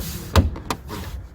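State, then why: Seated. A silver interior trim piece is pressed back into the interior panel of a Mercedes while a subwoofer is being added, and its plastic clips snap home with two sharp clicks at 0.4 and 0.7 seconds over a low background hum. The trim piece is seated.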